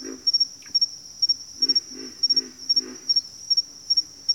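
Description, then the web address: Low pig frog grunts, a run of four evenly spaced throaty calls in the middle, with a continuous high cricket chorus behind. "Sleep Sounds of Nature. Pig Frogs"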